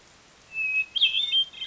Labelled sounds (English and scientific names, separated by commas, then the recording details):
Hermit Thrush (Catharus guttatus)
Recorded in Sonoma County, California